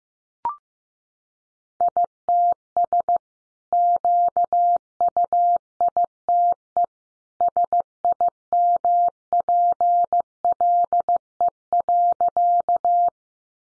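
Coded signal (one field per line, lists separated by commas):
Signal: Morse code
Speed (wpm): 15 wpm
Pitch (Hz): 700 Hz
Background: none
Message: ITS QUITE SIMPLE.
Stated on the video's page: Morse sentence drill built from the top 700 words, sent at 15 wpm for head-copy practice; each sentence is sent, spoken, then sent again.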